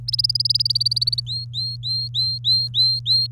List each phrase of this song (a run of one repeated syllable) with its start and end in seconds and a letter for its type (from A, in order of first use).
0.08-1.20 A, 1.27-3.27 B